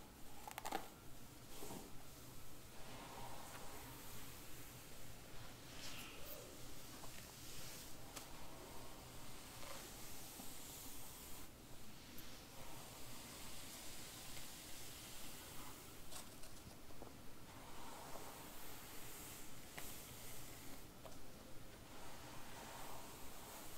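Soft hair brushing and hair play: a steady, dense hiss of bristles and strands with gentle rhythmic strokes repeating about every second. Brighter swishes and crackles stand out now and then, with a faint low hum underneath throughout.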